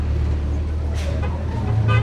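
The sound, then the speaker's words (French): A heavy bus engine rumbles low and steady as it pulls in, broken by two short, bright horn toots about a second apart. It is the 7 a.m. bus in Arlit, a uranium-mining town. “Le bus de 7 h du matin.”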